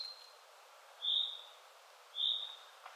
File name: Fringilla coelebs